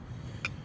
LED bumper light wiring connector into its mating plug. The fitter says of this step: and you hear click that's pretty much securing that it's actually in place